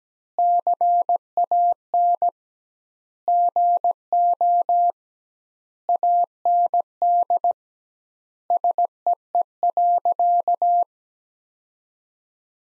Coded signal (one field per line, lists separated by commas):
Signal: Morse code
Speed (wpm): 17 wpm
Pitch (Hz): 700 Hz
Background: none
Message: CAN GO AND SEE.